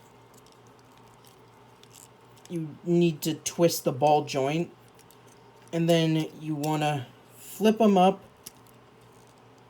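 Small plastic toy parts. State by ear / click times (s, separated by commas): not seated / none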